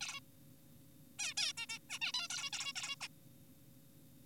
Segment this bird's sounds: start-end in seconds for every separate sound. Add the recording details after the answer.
0.01-0.20, 1.19-1.34, 1.38-1.52, 1.57-1.66, 1.70-1.78, 1.90-1.99, 2.02-2.12, 2.14-2.28, 2.30-2.50, 2.53-2.73, 2.76-2.96, 3.01-3.08. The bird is an adult. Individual g4p5U